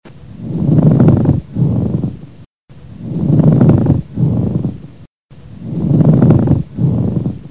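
Pleural friction rub over an adult chest, heard by stethoscope: a low-pitched, grating, creaking sound in two bursts with each breath, on breathing in and breathing out, repeating about 24 times a minute.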